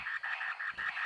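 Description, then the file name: Brown tree frog calling with a run of short, bright chirping notes, evenly repeated, each clear and similar in pitch. "Buergeria robusta"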